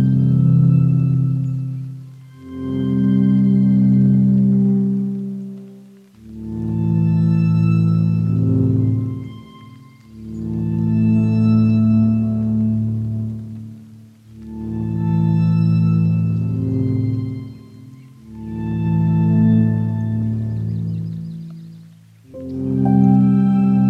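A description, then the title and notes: On the Patricia Lake Loop Trail below Pyramid Mountain, a low, rich humming tone rises and fades in long swells of about four seconds each. Brief dips of quiet separate the swells, and a thin, bright ringing rides above the deep drone. Soundwalk Season 3: The Canadian Rockies. In Jasper, AB Canada at the foot of Pyramid Mountain on the Patricia Lake Loop Trail.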